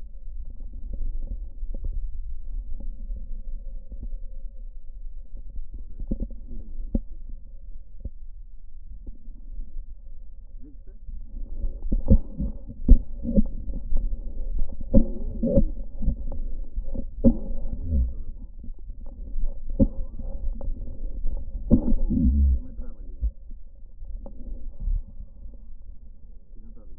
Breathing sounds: lung sounds by stethoscope; right posterior basal chest; quiet breathing, then cough and speech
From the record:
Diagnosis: pulmonary infection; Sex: male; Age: 69 years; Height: 184 cm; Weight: 115 kg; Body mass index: 34.0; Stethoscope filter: diaphragm mode

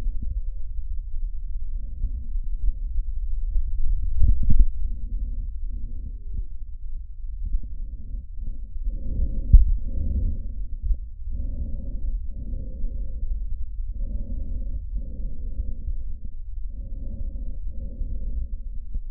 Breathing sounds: lung sounds by stethoscope; trachea; quiet breathing, then deep breathing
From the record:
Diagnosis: COPD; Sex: male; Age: 69 years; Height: 162 cm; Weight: 124.8 kg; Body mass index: 47.6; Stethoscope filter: bell mode

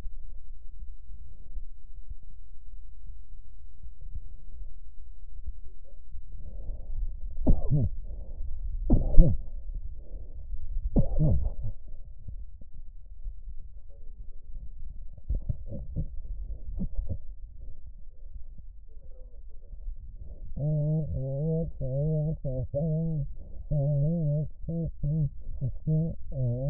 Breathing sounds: lung sounds by stethoscope; left posterior apical chest; quiet breathing, then cough and speech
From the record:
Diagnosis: COPD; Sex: female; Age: 80 years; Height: 160 cm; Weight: 62 kg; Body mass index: 24.2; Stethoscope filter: extended mode

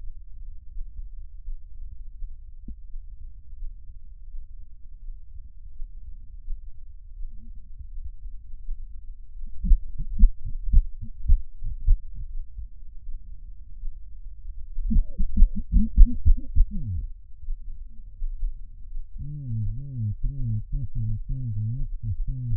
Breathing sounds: lung sounds by stethoscope; right anterior apical chest; quiet breathing, then cough and speech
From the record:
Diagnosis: none (healthy); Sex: male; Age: 60 years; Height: 190 cm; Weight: 150 kg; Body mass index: 41.6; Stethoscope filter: bell mode

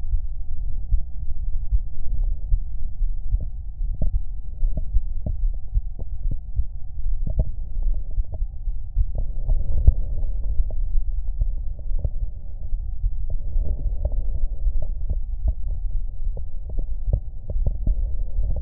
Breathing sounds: lung sounds by stethoscope; left anterior apical chest; quiet breathing, then deep breathing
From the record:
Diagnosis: asthma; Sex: female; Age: 65 years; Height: 157 cm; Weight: 70.2 kg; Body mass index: 28.5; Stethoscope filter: extended mode

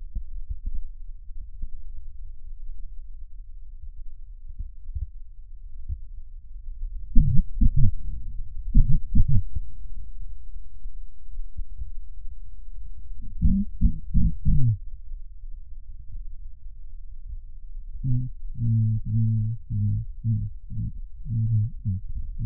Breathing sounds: lung sounds by stethoscope; right posterior apical chest; quiet breathing, then cough and speech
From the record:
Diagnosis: none (healthy); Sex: male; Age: 30 years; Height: 190 cm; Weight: 88 kg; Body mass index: 24.4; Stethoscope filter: bell mode

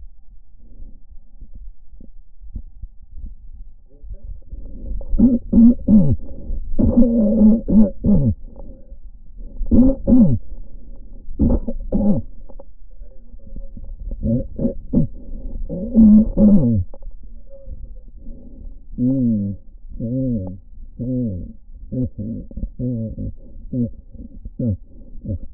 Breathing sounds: lung sounds by stethoscope; left anterior apical chest; quiet breathing, then cough and speech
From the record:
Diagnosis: pulmonary infection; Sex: male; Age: 86 years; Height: 165 cm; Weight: 65 kg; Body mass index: 23.9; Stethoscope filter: diaphragm mode

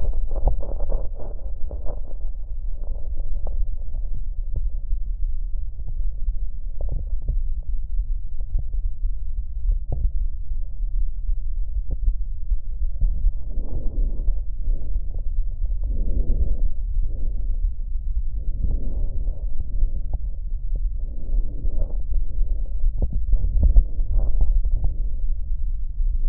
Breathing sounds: lung sounds by stethoscope; left posterior apical chest; quiet breathing, then deep breathing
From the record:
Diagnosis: none (healthy); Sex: male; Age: 29 years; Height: 180 cm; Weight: 100 kg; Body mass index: 30.9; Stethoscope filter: extended mode

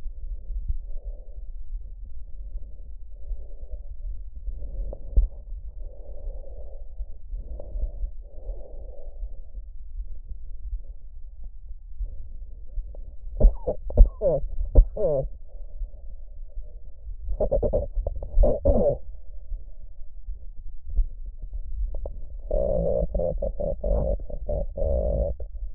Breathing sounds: lung sounds by stethoscope; trachea; quiet breathing, then cough and speech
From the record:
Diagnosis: COPD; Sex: female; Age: 72 years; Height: 156 cm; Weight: 72 kg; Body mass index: 29.6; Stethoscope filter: extended mode

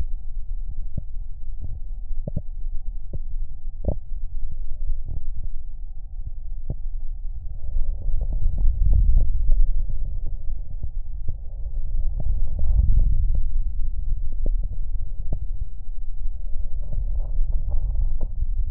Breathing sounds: lung sounds by stethoscope; left anterior apical chest; quiet breathing, then deep breathing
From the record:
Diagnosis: COPD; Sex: male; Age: 70 years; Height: 183 cm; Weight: 116 kg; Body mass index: 34.6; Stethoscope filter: extended mode

